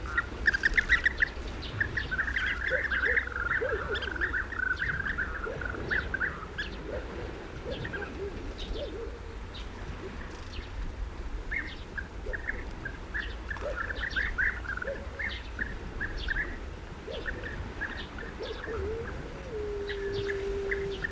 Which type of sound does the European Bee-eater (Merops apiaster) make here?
call